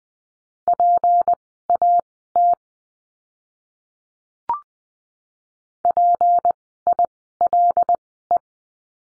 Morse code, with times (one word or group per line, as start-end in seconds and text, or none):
0.7-2.5 PAT
5.8-8.4 PILE